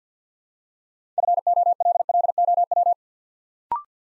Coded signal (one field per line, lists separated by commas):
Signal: Morse code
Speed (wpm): 49 wpm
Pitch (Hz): 700 Hz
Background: none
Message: FOLLOW